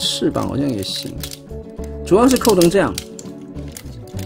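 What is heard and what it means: Someone talks over background music while handling a plastic wing panel on a transforming robot toy's shoulder, clasping it and starting to push it into place. A few light taps of handling come near the end, but the wing panel has not clipped in or seated yet.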